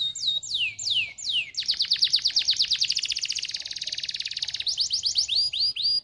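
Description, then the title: Atlantic canary singing: a few falling whistled notes, then a long rapid high trill, closing with repeated rising-falling slurred notes. Belgian canary song played to warm up and stimulate canaries to sing, meant to make many canaries start singing quickly. "Canto Para Esquentar Canário Belga. SUARA MASTERAN AMPUH BANYAK BURUNG KENARI CEPAT BUNYI GACOR DENGAN SUARA KENARI INI"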